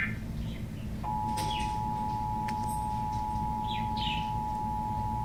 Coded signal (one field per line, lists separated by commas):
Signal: Emergency Alert System (SAME) tones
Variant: 853 and 960 Hz attention tone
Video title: Why a S A M E Noaa weather radio should be in all homes (Google slide presentation)